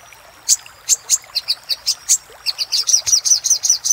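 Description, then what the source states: Little spiderhunter: spaced, piercing high chips, accelerating into a dense, rapid run of notes near the end. Master recording used for training cage birds.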